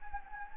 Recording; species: mosquito wingbeat signal from an infrared sensor; Anopheles gambiae